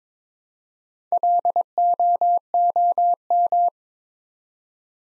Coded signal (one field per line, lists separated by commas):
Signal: Morse code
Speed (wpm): 22 wpm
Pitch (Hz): 700 Hz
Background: none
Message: LOOM